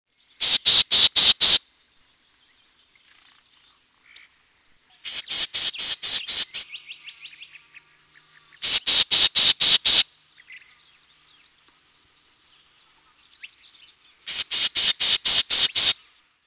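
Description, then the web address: Black-tailed gnatcatcher harsh call notes, given in four quick bursts of about six rasping notes each, the bursts a few seconds apart, with faint softer bird notes between. "Peterson North American Birds"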